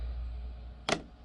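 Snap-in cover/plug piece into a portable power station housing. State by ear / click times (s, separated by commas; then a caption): seated / 0.9 s. A new snap-in cover piece is pushed by hand into the housing of a PECRON E600LFP portable power station, close to the microphone. Over a low steady hum, a single sharp click sounds at 0.9 s as the piece snaps home. It seats firmly, preferred over the old glued-on pieces.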